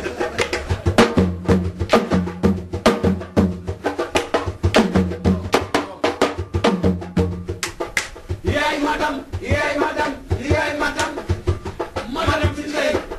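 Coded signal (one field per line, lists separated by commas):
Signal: talking drum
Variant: Wolof sabar drum language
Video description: On the Grammar of a Senegalese Drum Language: Yoad Winter Supporting Materials Clip 1: Two Lebou Wolof griots playing a praise song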